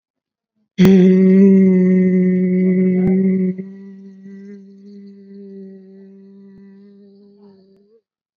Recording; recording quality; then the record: sustained vowel as in made; excellent, no background noise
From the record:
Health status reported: COVID-19 positive, mild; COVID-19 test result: positive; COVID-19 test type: RT-PCR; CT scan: not taken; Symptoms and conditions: cough, fever, muscle pain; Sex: male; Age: 41 years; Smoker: no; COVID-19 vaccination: both doses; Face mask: worn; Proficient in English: yes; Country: India